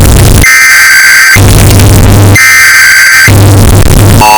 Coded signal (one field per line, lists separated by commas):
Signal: Emergency Alert System (SAME) tones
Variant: header bursts